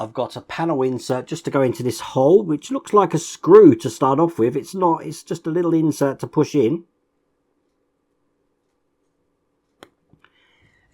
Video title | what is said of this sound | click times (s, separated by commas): Build the Ferrari 250 GTO - Pack 2 - Stages 7-14 | it doesn't need glue it actually clicks into place that's not coming out so that's looking good | 9.8 s